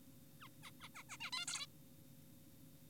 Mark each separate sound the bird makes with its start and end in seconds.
0.41-0.48, 0.63-0.71, 0.81-0.89, 0.95-1.03, 1.10-1.17, 1.20-1.31, 1.33-1.46, 1.48-1.66